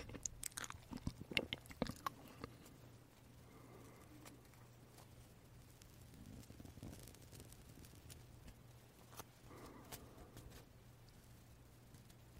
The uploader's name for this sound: marshmallow eating sound